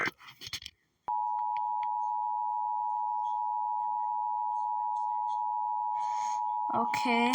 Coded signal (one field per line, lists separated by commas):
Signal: Emergency Alert System (SAME) tones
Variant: 853 and 960 Hz attention tone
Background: speech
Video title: reacting eas scenario the fog is comming